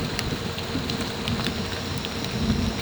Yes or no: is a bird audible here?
no